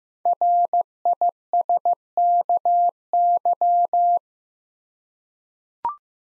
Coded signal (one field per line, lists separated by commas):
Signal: Morse code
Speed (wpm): 15 wpm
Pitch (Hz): 700 Hz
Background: none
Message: RISKY